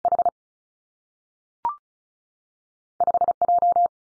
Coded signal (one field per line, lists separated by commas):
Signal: Morse code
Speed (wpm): 36 wpm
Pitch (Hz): 700 Hz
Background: none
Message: H 5 J